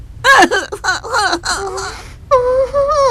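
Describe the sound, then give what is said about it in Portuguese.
A mother cries and wails in broken, sobbing bursts with wavering pitch, then draws out a long, sustained high moan toward the end, loud and unaccompanied by talk. “Quem consegue sentar de costas para sua mãe enquanto ela está chorando?”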